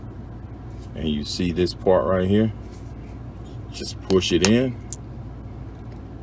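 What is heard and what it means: A replacement lithium battery is pushed by hand into the battery bay of an LG smartphone while someone talks over a steady low background hum. The battery has not seated or clicked in yet.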